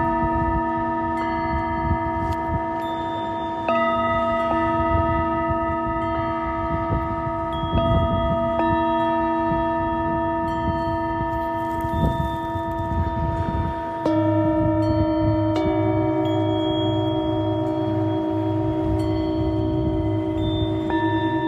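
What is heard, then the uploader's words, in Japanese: Singing bowls ring in long, overlapping tones, with a fresh strike every few seconds that shifts the chord. A low, wavering hum pulses underneath, and the overall loudness stays steady as each tone slowly sustains rather than fading away. メキシコから シンギングボウルのサウンドヒーリング ライブ。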